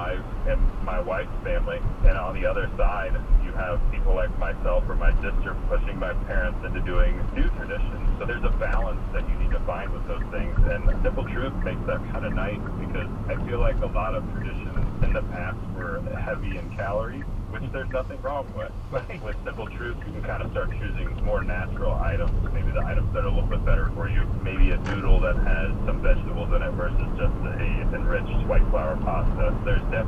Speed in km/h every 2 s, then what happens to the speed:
52, 50, 48, 50, 48, 45, 42, 32, 15, 11, 18, 23, 37, 45, 50.
0-9 steady at about 50. 9-18 brakes to 11. 18-30 speeds up to 50.